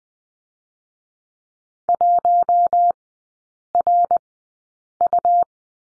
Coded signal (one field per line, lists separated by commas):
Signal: Morse code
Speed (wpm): 20 wpm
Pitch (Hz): 700 Hz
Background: none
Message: 1RU